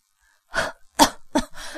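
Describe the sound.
A woman coughs in a quick series of four harsh, breathy bursts, the last one ragged and drawn out, with no talking, as a man presses her head down toward a tank of ethanol, her hair sunk in it.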